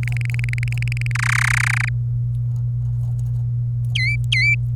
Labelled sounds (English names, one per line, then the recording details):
Domestic Canary song
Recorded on 26 April 2018 at 16:39
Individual llb3